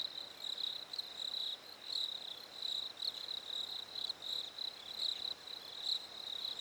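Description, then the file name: Crickets give a steady, shrill pulsing chorus that swells and dips. Recorded at a lake in winter. "fresh winter lake crickets birds"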